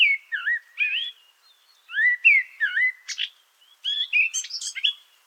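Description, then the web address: Eurasian blackcap song: clear fluty whistled phrases, some rising and some falling, in short bursts with brief pauses, ending in a quicker, higher twittering passage. "sylvia atricapilla call"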